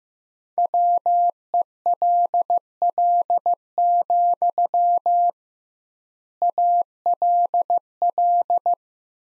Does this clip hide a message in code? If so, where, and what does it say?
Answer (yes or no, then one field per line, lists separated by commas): yes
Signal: Morse code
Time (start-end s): 0.6-8.7 s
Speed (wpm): 15 wpm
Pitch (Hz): 700 Hz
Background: none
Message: WELL, ALL